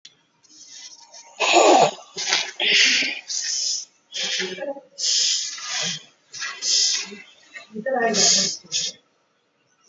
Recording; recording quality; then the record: deep breathing; excellent, no background noise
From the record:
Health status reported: COVID-19 positive, mild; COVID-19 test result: positive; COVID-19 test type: rapid antigen test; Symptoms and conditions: cough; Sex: female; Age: 31 years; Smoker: no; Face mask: not worn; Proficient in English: yes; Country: India